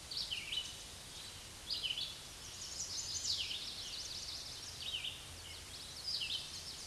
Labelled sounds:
Red-eyed Vireo (Vireo olivaceus) song

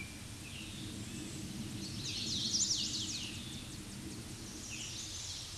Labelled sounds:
Hooded Warbler (Setophaga citrina) song

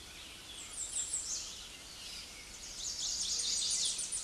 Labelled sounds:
American Redstart (Setophaga ruticilla) song

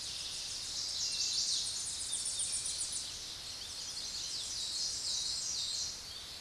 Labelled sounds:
Tennessee Warbler (Leiothlypis peregrina) song

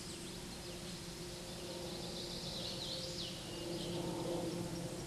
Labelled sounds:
Hooded Warbler (Setophaga citrina) song

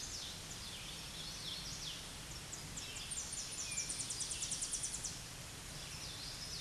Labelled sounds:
Tennessee Warbler (Leiothlypis peregrina) song

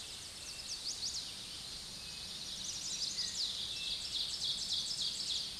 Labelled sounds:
Ovenbird (Seiurus aurocapilla) song

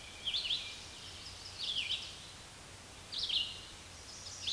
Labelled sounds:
Red-eyed Vireo (Vireo olivaceus) song

